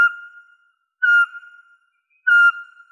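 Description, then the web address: Eurasian pygmy owl calls: three clear whistled piping notes on one pitch, repeated roughly every 1.2 seconds in a quiet setting. "Glaucidium passerinum"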